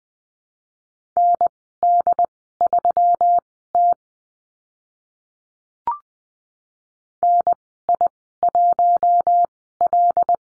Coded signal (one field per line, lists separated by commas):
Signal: Morse code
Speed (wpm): 20 wpm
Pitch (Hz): 700 Hz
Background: none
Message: ND3T NI1L